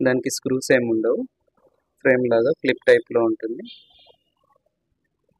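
During LED TV reassembly, the screwless, clip-type plastic frame is being handled around the TV display panel, to be pressed firmly on all four sides until it locks and sets. Someone talks for about four seconds with a pause in between, then it goes quiet. Nothing has seated or clicked yet.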